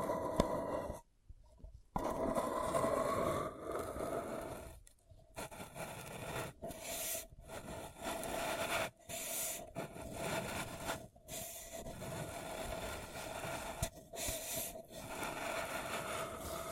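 Paper cup tingles: steady crinkly scratching and rubbing on a paper cup, mostly low and rough with brighter rustle on top. Short silent gaps break it up every second or two, near 1, 5, 9, 11 and 14 seconds.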